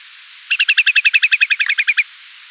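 Whimbrel call: a fast, even titter of many clipped whistled notes over a second and a half, steady in pitch, against a quiet background.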